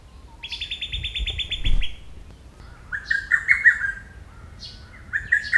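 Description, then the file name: Lesser cuckoo song phrases of rapid staccato notes, preceded by a different buzzy, harmonic-rich bird call early on, with faint low rumble underneath. "hototogisu"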